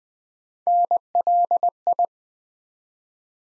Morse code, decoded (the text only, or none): NLI